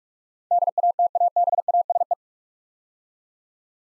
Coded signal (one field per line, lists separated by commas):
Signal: Morse code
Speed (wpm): 46 wpm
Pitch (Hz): 700 Hz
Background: none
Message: DATABASE